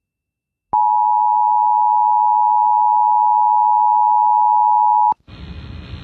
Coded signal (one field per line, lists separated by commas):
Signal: Emergency Alert System (SAME) tones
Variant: 853 and 960 Hz attention tone